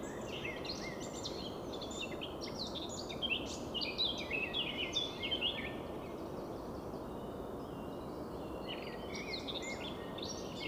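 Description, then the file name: Eurasian blackcap singing quick warbled and whistled phrases, loudest midway, with steady hiss throughout. "Sylvia atricapilla"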